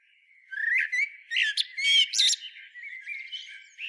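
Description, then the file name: Eurasian blackbird song, a short run of warbled notes followed by loud, squeaky, chattering twitters and softer notes. "Turdus merula"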